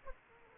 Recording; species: mosquito wingbeat signal from an infrared sensor; Aedes aegypti